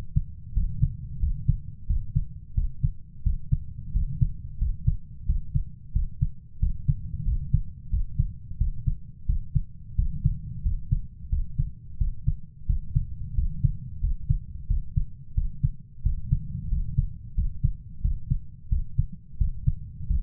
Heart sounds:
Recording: heart sounds by stethoscope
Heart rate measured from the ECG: 89 bpm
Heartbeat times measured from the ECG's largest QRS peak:
0.56 s: heartbeat
1.22 s: heartbeat
1.89 s: heartbeat
2.57 s: heartbeat
3.26 s: heartbeat
3.95 s: heartbeat
4.61 s: heartbeat
5.28 s: heartbeat
5.95 s: heartbeat
6.62 s: heartbeat
7.27 s: heartbeat
7.92 s: heartbeat
8.60 s: heartbeat
9.29 s: heartbeat
9.98 s: heartbeat
10.65 s: heartbeat
11.32 s: heartbeat
12.00 s: heartbeat
12.69 s: heartbeat
13.37 s: heartbeat
14.03 s: heartbeat
14.70 s: heartbeat
15.37 s: heartbeat
16.05 s: heartbeat
16.71 s: heartbeat
17.37 s: heartbeat
18.04 s: heartbeat
18.71 s: heartbeat
19.40 s: heartbeat
20.10 s: heartbeat
From the record:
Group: healthy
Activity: rest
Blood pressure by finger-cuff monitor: 137/69 mmHg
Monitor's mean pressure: 88 mmHg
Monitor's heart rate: 90 bpm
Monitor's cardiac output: 8.2 L/min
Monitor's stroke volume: 92 mL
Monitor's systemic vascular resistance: 780 dyn s/cm5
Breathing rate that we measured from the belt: 19 breaths a minute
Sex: male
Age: 21 years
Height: 175 cm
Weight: 72.6 kg

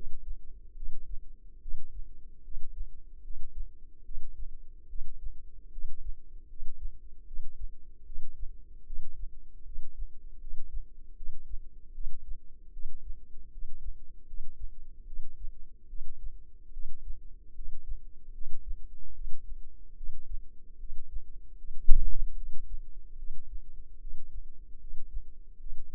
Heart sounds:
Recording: heart sounds by microphone in the left ear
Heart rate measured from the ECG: 75 bpm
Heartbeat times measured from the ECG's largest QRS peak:
0.74 s: heartbeat
1.59 s: heartbeat
2.42 s: heartbeat
3.21 s: heartbeat
4.03 s: heartbeat
4.87 s: heartbeat
5.70 s: heartbeat
6.47 s: heartbeat
7.24 s: heartbeat
8.03 s: heartbeat
8.84 s: heartbeat
9.63 s: heartbeat
10.38 s: heartbeat
11.14 s: heartbeat
11.91 s: heartbeat
12.70 s: heartbeat
13.49 s: heartbeat
14.24 s: heartbeat
15.04 s: heartbeat
15.86 s: heartbeat
16.70 s: heartbeat
17.53 s: heartbeat
18.32 s: heartbeat
19.12 s: heartbeat
19.94 s: heartbeat
20.77 s: heartbeat
21.55 s: heartbeat
22.34 s: heartbeat
23.16 s: heartbeat
23.98 s: heartbeat
24.78 s: heartbeat
25.57 s: heartbeat
From the record:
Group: healthy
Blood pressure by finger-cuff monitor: 107/69 mmHg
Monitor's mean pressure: 86 mmHg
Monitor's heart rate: 74 bpm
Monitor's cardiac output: 7 L/min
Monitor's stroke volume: 93 mL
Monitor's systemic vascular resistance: 910 dyn s/cm5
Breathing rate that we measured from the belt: 16 breaths a minute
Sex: female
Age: 22 years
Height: 160 cm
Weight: 45 kg

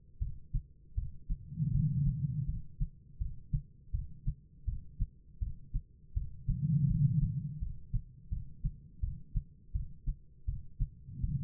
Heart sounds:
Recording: heart sounds by stethoscope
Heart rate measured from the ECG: 82 bpm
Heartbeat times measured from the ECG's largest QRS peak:
0.19 s: heartbeat
0.95 s: heartbeat
1.72 s: heartbeat
2.46 s: heartbeat
3.18 s: heartbeat
3.92 s: heartbeat
4.65 s: heartbeat
5.39 s: heartbeat
6.14 s: heartbeat
6.87 s: heartbeat
7.59 s: heartbeat
8.30 s: heartbeat
9.01 s: heartbeat
9.73 s: heartbeat
10.46 s: heartbeat
11.21 s: heartbeat
From the record:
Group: healthy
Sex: female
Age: 51 years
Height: 162 cm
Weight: 70.04 kg

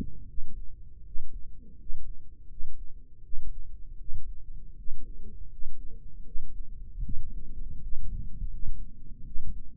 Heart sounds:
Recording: heart sounds by microphone in the right ear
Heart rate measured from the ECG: 80 bpm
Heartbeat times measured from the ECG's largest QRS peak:
0.26 s: heartbeat
1.04 s: heartbeat
1.77 s: heartbeat
2.48 s: heartbeat
3.21 s: heartbeat
3.98 s: heartbeat
4.76 s: heartbeat
5.49 s: heartbeat
6.24 s: heartbeat
7.02 s: heartbeat
7.80 s: heartbeat
8.50 s: heartbeat
9.24 s: heartbeat
From the record:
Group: healthy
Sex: female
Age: 22 years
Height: 163 cm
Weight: 67.1 kg

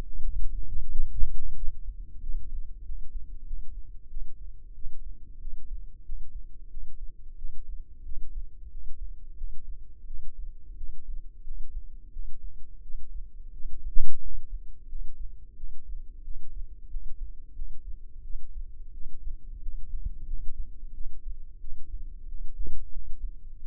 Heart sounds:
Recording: heart sounds by microphone in the left ear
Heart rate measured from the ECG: 90 bpm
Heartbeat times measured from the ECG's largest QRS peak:
0.25 s: heartbeat
0.89 s: heartbeat
1.54 s: heartbeat
2.20 s: heartbeat
2.83 s: heartbeat
3.44 s: heartbeat
4.08 s: heartbeat
4.73 s: heartbeat
5.39 s: heartbeat
6.03 s: heartbeat
6.69 s: heartbeat
7.35 s: heartbeat
8.03 s: heartbeat
8.69 s: heartbeat
9.35 s: heartbeat
10.05 s: heartbeat
10.75 s: heartbeat
11.42 s: heartbeat
12.10 s: heartbeat
12.81 s: heartbeat
13.51 s: heartbeat
14.20 s: heartbeat
14.87 s: heartbeat
15.55 s: heartbeat
16.22 s: heartbeat
16.88 s: heartbeat
17.53 s: heartbeat
18.21 s: heartbeat
18.91 s: heartbeat
19.60 s: heartbeat
20.25 s: heartbeat
20.92 s: heartbeat
21.58 s: heartbeat
22.26 s: heartbeat
22.90 s: heartbeat
23.57 s: heartbeat
From the record:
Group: healthy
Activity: rest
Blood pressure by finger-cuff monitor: 81/53 mmHg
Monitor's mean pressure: 62 mmHg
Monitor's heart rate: 91 bpm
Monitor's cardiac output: 7.2 L/min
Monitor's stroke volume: 80 mL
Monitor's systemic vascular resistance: 610 dyn s/cm5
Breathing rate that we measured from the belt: 21 breaths a minute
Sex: female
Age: 19 years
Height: 163 cm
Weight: 48.9 kg

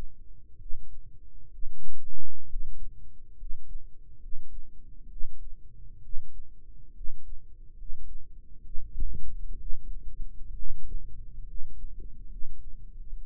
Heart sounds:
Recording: heart sounds by microphone in the right ear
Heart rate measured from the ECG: 67 bpm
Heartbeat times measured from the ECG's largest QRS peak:
0.55 s: heartbeat
1.47 s: heartbeat
2.44 s: heartbeat
3.33 s: heartbeat
4.16 s: heartbeat
5.05 s: heartbeat
5.98 s: heartbeat
6.90 s: heartbeat
7.73 s: heartbeat
8.59 s: heartbeat
9.55 s: heartbeat
10.53 s: heartbeat
11.42 s: heartbeat
12.25 s: heartbeat
13.15 s: heartbeat
From the record:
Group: healthy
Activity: rest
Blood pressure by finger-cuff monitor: 99/53 mmHg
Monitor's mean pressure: 63 mmHg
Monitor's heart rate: 67 bpm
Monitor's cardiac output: 7.4 L/min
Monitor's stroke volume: 111 mL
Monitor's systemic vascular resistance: 600 dyn s/cm5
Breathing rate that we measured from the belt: 15 breaths a minute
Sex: male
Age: 22 years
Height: 185 cm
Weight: 112.4 kg

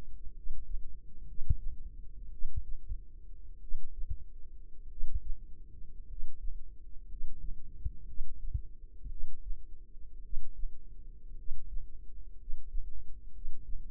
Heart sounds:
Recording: heart sounds by microphone in the left ear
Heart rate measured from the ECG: 55 bpm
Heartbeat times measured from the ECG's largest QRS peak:
0.32 s: heartbeat
1.24 s: heartbeat
2.29 s: heartbeat
3.59 s: heartbeat
4.87 s: heartbeat
6.05 s: heartbeat
7.05 s: heartbeat
8.04 s: heartbeat
9.07 s: heartbeat
10.20 s: heartbeat
11.34 s: heartbeat
12.35 s: heartbeat
13.30 s: heartbeat
From the record:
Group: healthy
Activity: rest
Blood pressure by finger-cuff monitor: 106/53 mmHg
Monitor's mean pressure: 67 mmHg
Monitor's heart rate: 58 bpm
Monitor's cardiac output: 5 L/min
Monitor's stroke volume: 89 mL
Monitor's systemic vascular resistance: 950 dyn s/cm5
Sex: male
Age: 25 years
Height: 170 cm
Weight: 70.4 kg

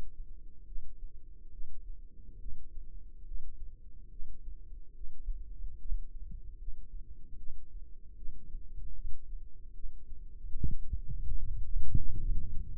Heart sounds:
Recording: heart sounds by microphone in the left ear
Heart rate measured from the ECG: 73 bpm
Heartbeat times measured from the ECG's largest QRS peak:
0.67 s: heartbeat
1.53 s: heartbeat
2.40 s: heartbeat
3.26 s: heartbeat
4.11 s: heartbeat
4.96 s: heartbeat
5.80 s: heartbeat
6.59 s: heartbeat
7.38 s: heartbeat
8.17 s: heartbeat
8.96 s: heartbeat
9.75 s: heartbeat
10.56 s: heartbeat
11.40 s: heartbeat
12.20 s: heartbeat
From the record:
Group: healthy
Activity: rest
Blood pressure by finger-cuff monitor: 77/49 mmHg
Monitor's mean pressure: 61 mmHg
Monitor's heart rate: 71 bpm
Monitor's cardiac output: 3.9 L/min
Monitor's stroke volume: 56 mL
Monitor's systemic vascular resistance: 1070 dyn s/cm5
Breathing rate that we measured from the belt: 20 breaths a minute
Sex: male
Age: 55 years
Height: 167 cm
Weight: 57.2 kg

